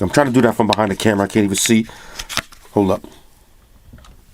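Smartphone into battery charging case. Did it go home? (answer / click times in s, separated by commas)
yes / 4.0 s, 4.1 s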